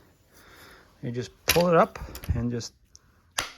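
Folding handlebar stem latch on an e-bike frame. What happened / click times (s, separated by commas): The folding stem latch snapped into place / 3.4 s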